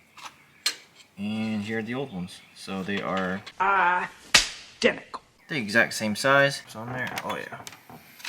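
Someone talks while handling new replacement clips or trim pieces, identical to and the exact same size as the old ones, before pressing them into the body of an LB7 Duramax dually truck. A sharp short hit sounds at about 0.7 s, with a few softer knocks among the talk. Nothing has seated or clicked into place yet.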